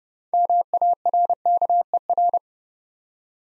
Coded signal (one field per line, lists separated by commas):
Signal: Morse code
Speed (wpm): 30 wpm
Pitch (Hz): 700 Hz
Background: none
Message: MARKER